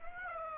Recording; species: mosquito wingbeat signal from an infrared sensor; Aedes aegypti